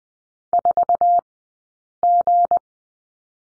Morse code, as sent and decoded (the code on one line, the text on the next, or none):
....- --.
4G